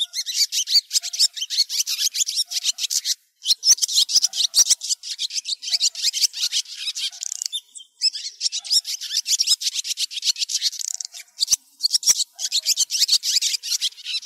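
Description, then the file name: Swallows calling, a dense stream of rapid, high, scratchy twitters that continues almost without a break and stops only for a few short gaps. Calling to the flock. "Tieng chim en goi bay"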